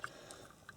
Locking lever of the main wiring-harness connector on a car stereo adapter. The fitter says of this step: Pull It Forward and you can here it click into place it's not going to come off